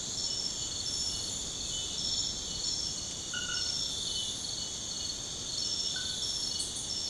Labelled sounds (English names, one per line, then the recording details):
none
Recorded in secondary vegetation near Puerto Asís, Putumayo, Colombia, on 21 February 2024 at 02:30
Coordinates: 0.472, -76.331
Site G6371